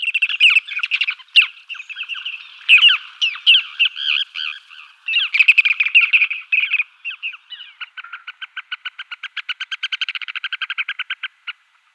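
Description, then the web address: Ruddy turnstone giving rapid twittering, chattering calls, bursts of harsh notes then a fast, evenly spaced series of clicky notes toward the end. "Schulze Peter Turnstone calls"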